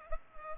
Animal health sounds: mosquito wingbeat signal from an infrared sensor; Culex pipiens

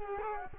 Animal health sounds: mosquito wingbeat signal from an infrared sensor; Culex quinquefasciatus

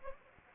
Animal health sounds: mosquito wingbeat signal from an infrared sensor; Anopheles arabiensis

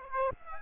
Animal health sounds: mosquito wingbeat signal from an infrared sensor; Aedes aegypti

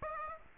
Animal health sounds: mosquito wingbeat signal from an infrared sensor; Aedes aegypti

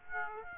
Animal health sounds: mosquito wingbeat signal from an infrared sensor; Aedes aegypti

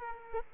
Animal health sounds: mosquito wingbeat signal from an infrared sensor; Aedes aegypti

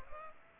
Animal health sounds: mosquito wingbeat signal from an infrared sensor; Culex pipiens

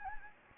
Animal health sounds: mosquito wingbeat signal from an infrared sensor; Anopheles gambiae

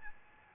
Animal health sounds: mosquito wingbeat signal from an infrared sensor; Aedes albopictus

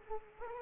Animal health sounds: mosquito wingbeat signal from an infrared sensor; Culex quinquefasciatus

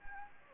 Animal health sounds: mosquito wingbeat signal from an infrared sensor; Anopheles gambiae

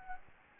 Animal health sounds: mosquito wingbeat signal from an infrared sensor; Anopheles gambiae

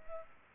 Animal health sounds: mosquito wingbeat signal from an infrared sensor; Culex pipiens

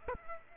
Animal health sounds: mosquito wingbeat signal from an infrared sensor; Aedes aegypti

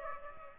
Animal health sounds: mosquito wingbeat signal from an infrared sensor; Aedes aegypti

